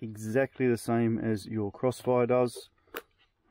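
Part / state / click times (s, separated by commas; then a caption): micro TX module into RC radio transmitter module bay / seated / 3.0 s. Someone talks as a plastic BetaFPV ExpressLRS Micro TX module is pushed into the module bay on the back of a RadioMaster TX16S Max RC radio. A single sharp click at 3.0 s marks the module latching, and it is seated.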